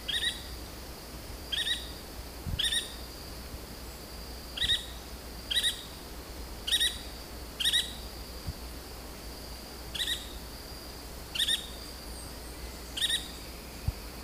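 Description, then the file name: Yellow-fronted woodpecker calls: a series of short, sharp high notes at irregular intervals, over a faint steady background tone. "canto do benedito de testa amarela"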